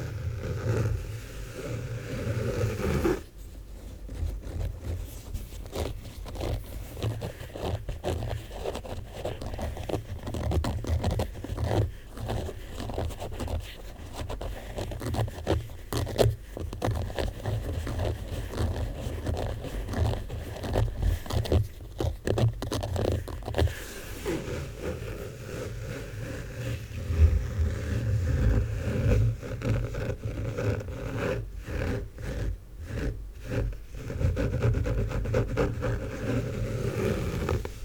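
A book is handled, with continuous papery rustling, scraping and quick sharp flicks as pages move. The crackling is densest through the middle, thinning briefly near the start and again around 25 seconds, while a low hum sits underneath.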